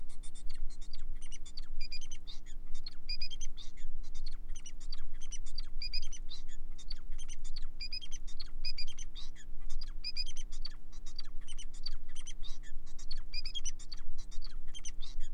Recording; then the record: song of a male Bengalese finch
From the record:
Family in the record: son of father 4